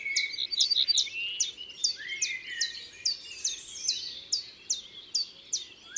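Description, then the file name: Common chiffchaff song, a run of clipped high notes sliding downward, evenly repeated, with some lower chattering from another bird early on and background hum. Recorded in the Drôme, France, for the album Concerts naturels de la Drôme by Studio les Trois Becs. "Pouillot veloce Concerts Naturels de la Drome Studio les Trois Becs"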